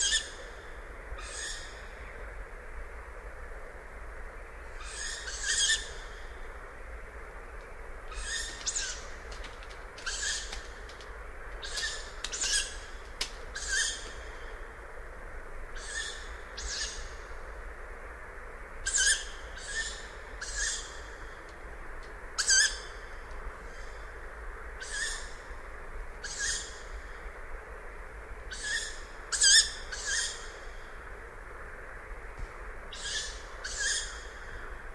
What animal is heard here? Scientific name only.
Strix aluco